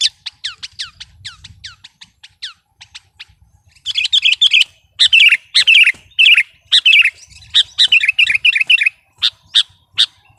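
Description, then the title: Sooty-headed bulbul song: a quick run of high, downward-sweeping chirps, then bursts of bubbly, warbling phrases repeated with short pauses. "kutilang"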